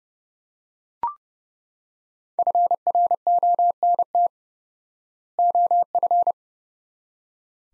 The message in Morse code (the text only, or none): FRONT OF